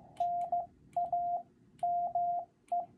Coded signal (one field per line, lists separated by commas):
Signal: Morse code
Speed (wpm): 15 wpm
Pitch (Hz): 700 Hz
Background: radio noise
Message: NAME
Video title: Learning CW protocol